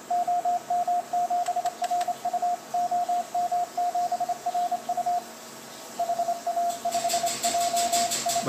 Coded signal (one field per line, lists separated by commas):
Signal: Morse code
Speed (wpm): 27 wpm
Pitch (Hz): 710 Hz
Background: radio noise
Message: OM7RU OM7RU HA5JI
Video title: finsh cut down cw #py1ax #cw #test